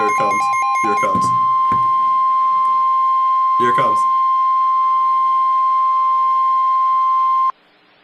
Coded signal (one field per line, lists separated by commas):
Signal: Emergency Alert System (SAME) tones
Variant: 1050 Hz attention tone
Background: speech